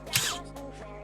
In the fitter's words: Can hear that satisfying click.